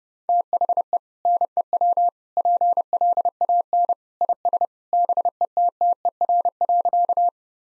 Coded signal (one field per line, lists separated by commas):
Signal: Morse code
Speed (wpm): 30 wpm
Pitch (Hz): 700 Hz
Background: none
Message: THE NEW PLAN IS BETTER.